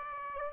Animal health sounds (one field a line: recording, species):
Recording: mosquito wingbeat signal from an infrared sensor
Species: Aedes albopictus